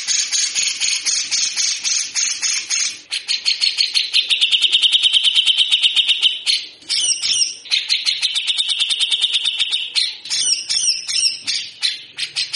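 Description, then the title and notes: Grey-cheeked bulbul opening with a broad hissing rasp, then steady buzzy rattling trills with scratchy high notes between bursts. Masteran training song of a frequently singing (gacor) bird with long, coarse besetan (harsh rasping) passages. "MASTERAN CUCAK JENGGOT GACOR FULL BESETAN KASAR DURASI PANJANG. Burung cucak jenggot"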